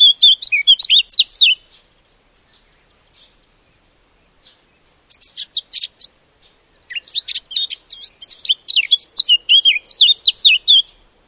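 Bird song of rapid, varied high chirps and twittering notes in three bursts, the first separated from the other two by a few seconds of near silence with a few scattered soft notes.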